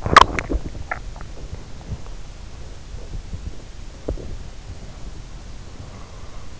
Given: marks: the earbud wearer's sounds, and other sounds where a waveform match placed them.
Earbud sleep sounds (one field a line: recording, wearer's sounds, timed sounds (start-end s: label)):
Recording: sounds in sleep by an in-ear microphone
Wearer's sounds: teeth grinding, breath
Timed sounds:
0.01-1.24 s: teeth grinding
2.82-4.38 s: sound from someone else or the room
4.62-6.52 s: breath